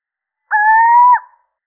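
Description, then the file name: Little owl giving a single drawn-out hoot, a clear mellow note lasting under a second that rises slightly in pitch, with a silent background. Male. "Sycek obecny samec"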